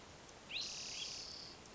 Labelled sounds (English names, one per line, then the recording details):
Spotted Towhee
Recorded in Sonoma County, California